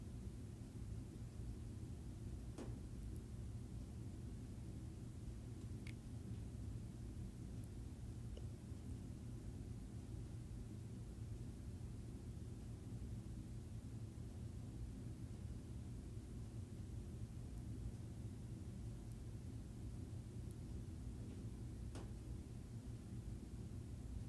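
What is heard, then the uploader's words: A distant air conditioner drones steadily, a low, dense hum with a rumbling undertone that never changes in level. A few faint clicks or taps stand out briefly, near 3, 6 and 22 seconds, over the constant mechanical drone. Distant Air Conditioner.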